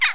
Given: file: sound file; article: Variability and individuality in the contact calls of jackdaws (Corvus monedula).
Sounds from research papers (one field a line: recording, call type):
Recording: jackdaw call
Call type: harmonic